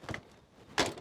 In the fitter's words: clicking it into place and tightening up